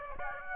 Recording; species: mosquito wingbeat signal from an infrared sensor; Aedes aegypti